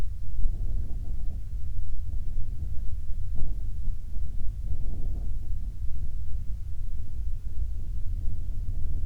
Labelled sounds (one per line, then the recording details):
wind
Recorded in the Prudhoe Bay oil fields, Alaska, on 8 July 2019 at 02:27
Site 25